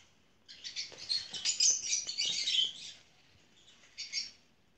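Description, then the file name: Lovebird chattering calls, a dense run of high, scratchy chirps lasting about two and a half seconds, then one shorter burst near the end. "Cennet papagan i sesi"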